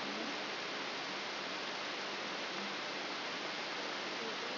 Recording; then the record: brain microelectrode recording played as sound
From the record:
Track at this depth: inside the subthalamic nucleus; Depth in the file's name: 5.101 mm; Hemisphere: left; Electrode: 3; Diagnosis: Parkinson's disease